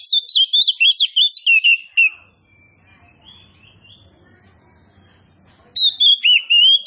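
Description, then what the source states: Oriental magpie-robin song: rapid, looping whistled phrases, a pause with soft background sound, then another loud burst of sweet whistling. Local name kacer poci; described as gacor, singing actively.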